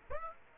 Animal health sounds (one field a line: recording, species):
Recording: mosquito wingbeat signal from an infrared sensor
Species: Aedes aegypti